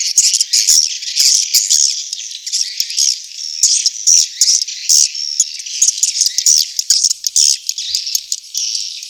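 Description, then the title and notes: Swiftlet twittering, a continuous stream of high, thin chirps and trills with uneven pulses throughout. Asia; recording used in swiftlet farming to attract birds. "Swiflet Bird Sound. Farming Swiflet Bird asia sound"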